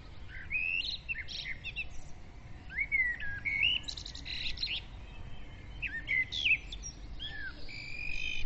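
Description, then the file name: Birds singing in a busy mix of whistled slurs and quick high chirps, phrases coming every second or two throughout. Dawn bird chorus, recorded at dawn with a Zoom recorder. "Madarak hajnali dicsérete"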